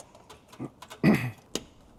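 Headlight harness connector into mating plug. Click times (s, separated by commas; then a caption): 1.6 s. A plastic wiring connector of a headlight harness is pushed together into its mating plug, with faint handling taps and a louder rustling burst around 1.0–1.3 s. A sharp, bright click at 1.6 s marks the connector latching, and it is seated.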